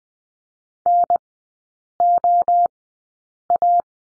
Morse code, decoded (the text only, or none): NOA